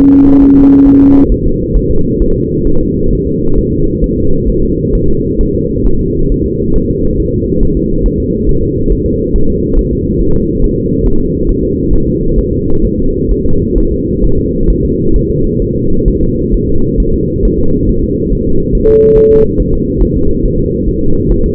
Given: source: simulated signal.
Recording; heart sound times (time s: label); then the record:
fetal heart sounds
0.13 s: S2
0.43 s: S1
0.57 s: S2
0.87 s: S1
1.02 s: S2
1.32 s: S1
1.46 s: S2
1.77 s: S1
1.91 s: S2
2.22 s: S1
2.36 s: S2
2.67 s: S1
2.81 s: S2
3.13 s: S1
3.27 s: S2
3.59 s: S1
3.73 s: S2
4.04 s: S1
4.18 s: S2
4.50 s: S1
4.64 s: S2
4.95 s: S1
5.09 s: S2
5.41 s: S1
5.55 s: S2
5.87 s: S1
6.01 s: S2
6.32 s: S1
6.46 s: S2
6.76 s: S1
6.90 s: S2
7.20 s: S1
7.34 s: S2
7.63 s: S1
7.77 s: S2
8.06 s: S1
8.20 s: S2
8.49 s: S1
8.63 s: S2
8.92 s: S1
9.06 s: S2
9.36 s: S1
9.50 s: S2
9.79 s: S1
9.93 s: S2
10.22 s: S1
10.36 s: S2
10.64 s: S1
10.78 s: S2
11.06 s: S1
11.20 s: S2
11.49 s: S1
11.63 s: S2
11.93 s: S1
12.07 s: S2
12.39 s: S1
12.53 s: S2
12.85 s: S1
12.99 s: S2
13.31 s: S1
13.46 s: S2
13.78 s: S1
13.92 s: S2
14.24 s: S1
14.39 s: S2
14.70 s: S1
14.85 s: S2
15.16 s: S1
15.30 s: S2
15.62 s: S1
15.76 s: S2
16.08 s: S1
16.22 s: S2
16.54 s: S1
16.69 s: S2
17.00 s: S1
17.14 s: S2
17.45 s: S1
17.59 s: S2
17.89 s: S1
18.04 s: S2
18.33 s: S1
18.47 s: S2
18.75 s: S1
18.89 s: S2
19.18 s: S1
19.32 s: S2
19.60 s: S1
19.74 s: S2
20.03 s: S1
20.17 s: S2
20.45 s: S1
20.60 s: S2
20.89 s: S1
21.03 s: S2
21.32 s: S1
21.46 s: S2
From the record:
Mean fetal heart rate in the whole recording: 135 bpm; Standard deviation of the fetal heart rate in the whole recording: 3 bpm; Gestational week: 36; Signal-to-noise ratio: -17.7 dB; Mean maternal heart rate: 72 bpm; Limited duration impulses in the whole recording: present